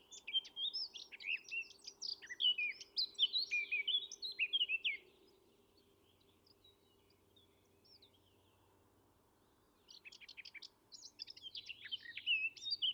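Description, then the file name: Eurasian blackcap delivering a long, lively warble of varied chirps and whistles, a pause of about five seconds, then another scratchy warbled phrase over a quiet hum. "Sylvia atricapilla"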